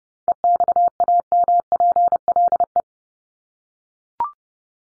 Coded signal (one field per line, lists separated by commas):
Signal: Morse code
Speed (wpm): 30 wpm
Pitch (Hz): 700 Hz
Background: none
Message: EXAMPLE